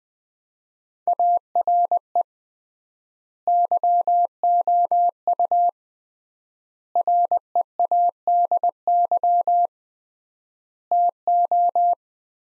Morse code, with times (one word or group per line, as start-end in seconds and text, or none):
1.1-2.2 ARE
3.5-5.7 YOU
7.0-9.7 READY
10.9-11.9 TO